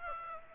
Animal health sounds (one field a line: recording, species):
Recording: mosquito wingbeat signal from an infrared sensor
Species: Aedes aegypti